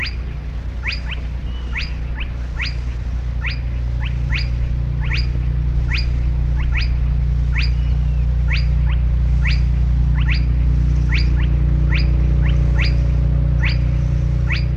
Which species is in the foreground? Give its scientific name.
Porzana porzana